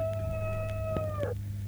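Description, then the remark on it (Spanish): A rooster crow serving as a telephone ringtone for an incoming call on the Quisicosas radio quiz show: one long, steady, reedy call that holds its pitch and then bends downward at the end, over a constant low electrical hum. “Ya, un timbre gallo.”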